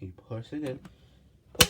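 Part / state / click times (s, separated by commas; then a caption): battery pack into cordless vacuum cleaner body / seated / 1.6 s. Someone talks while a plastic battery pack is pushed into its slot on a Henry or Hetty cordless vacuum cleaner body, as a fix for a vacuum that won't turn on because the battery isn't clicked in. A faint tap at 1.5 s is followed by a sharp, loud click at 1.6 s as the battery latches and seats.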